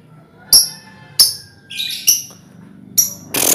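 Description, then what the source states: Lovebird with sharp high chirps and a short buzzy chatter, closing in a loud harsh noise burst. Lovebird song in the style called ngekek, used as a lure song (kicau pancingan).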